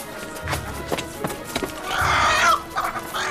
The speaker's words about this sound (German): Hey, müsst ihr beiden Rotzen aus meine Hühner so erschrecken?